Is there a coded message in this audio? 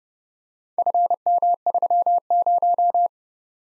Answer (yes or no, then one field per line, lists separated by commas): yes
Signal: Morse code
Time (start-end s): 0.8-3.1 s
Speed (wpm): 30 wpm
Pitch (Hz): 700 Hz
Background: none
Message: FM30